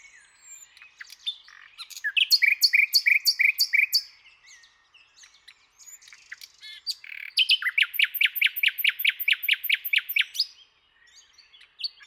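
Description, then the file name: Common nightingale singing two phrases of rapid repeated notes, the second a long, driving series lasting several seconds before a sudden stop. "Luscinia megarhynchos"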